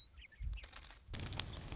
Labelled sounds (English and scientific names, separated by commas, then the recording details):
Western Meadowlark (Sturnella neglecta)
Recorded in Sonoma County, California